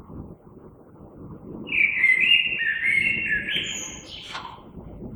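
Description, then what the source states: Common blackbird song: one flowing fluty phrase with a high thin tail, over a background of low rumbling noise. Recorded 3 March 2020.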